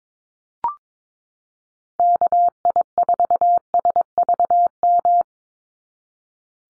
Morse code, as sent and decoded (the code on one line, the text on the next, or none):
-.- .. ....- ... ...- --
KI4SVM